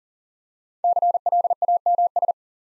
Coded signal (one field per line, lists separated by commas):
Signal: Morse code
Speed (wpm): 40 wpm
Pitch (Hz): 700 Hz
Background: none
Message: CLAMS